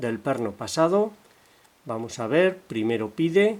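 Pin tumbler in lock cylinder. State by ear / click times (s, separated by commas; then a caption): not seated / none. A hook pick works the first binding pin of a pin tumbler in a lock cylinder, lifting it toward the shear line. Someone talks throughout, with a quiet pause in the middle, and no distinct click is heard. Nothing has set or clicked yet by the end of the clip.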